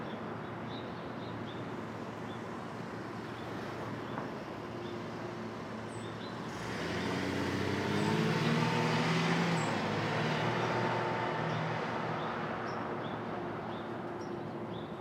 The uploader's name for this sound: Brooklyn Dawn, 4 - 17 - 20, Street Traffic II